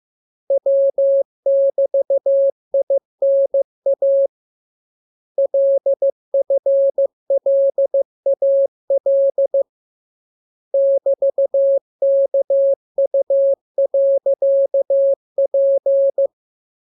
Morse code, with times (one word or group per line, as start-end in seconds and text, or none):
0.5-4.3 W<BT>INA
5.4-9.6 LFLAL
10.7-16.3 <BT>KU.P